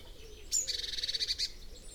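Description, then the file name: Eurasian blue tit call: one brief high note at once running into a short, harsh, buzzy churr lasting about a second. "Cyanistes caeruleus"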